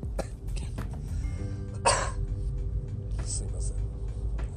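One short, sharp cough from an adult man, triggered by laughter at something funny, over a low room rumble.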